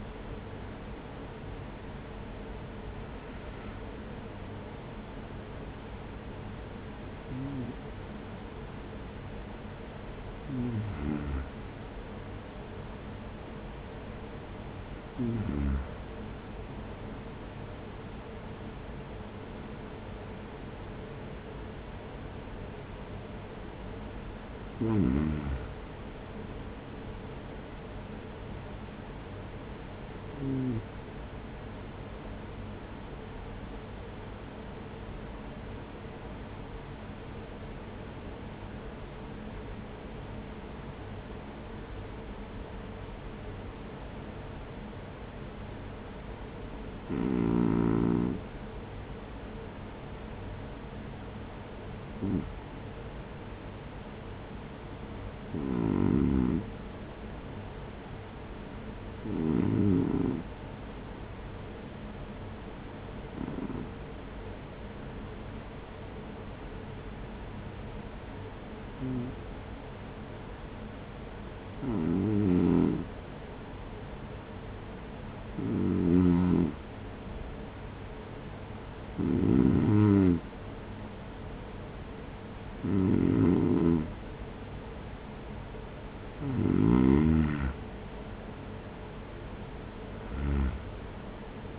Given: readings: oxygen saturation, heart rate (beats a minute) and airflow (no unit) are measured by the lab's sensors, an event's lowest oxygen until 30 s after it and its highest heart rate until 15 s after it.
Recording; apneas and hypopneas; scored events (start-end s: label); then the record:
breathing in sleep by a voice recorder at the bedside; 1
5.00-91.79 s: new sleep stage, REM sleep
30.00-85.80 s: hypopnea (REM, oxygen 96% highest, then 91% lowest, heart rate 52 at the start, 64 highest)
From the record:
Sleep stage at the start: N1 (lightest sleep); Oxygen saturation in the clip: 91 to 96%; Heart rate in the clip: 50 to 60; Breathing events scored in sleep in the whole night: 210 in 6.9 hours asleep